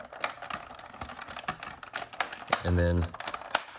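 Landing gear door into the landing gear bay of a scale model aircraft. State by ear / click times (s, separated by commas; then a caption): seated / 3.5 s. A plastic landing gear door is fitted into the landing gear bay of a pre-built 1:18 scale P-38 Lightning model aircraft by 21st Century Toys while someone talks. Light plastic taps and handling clicks are followed by a brief steady tone around 2.7–3.0 s. The door snaps into place with a sharp click at 3.5 s, leaving it seated.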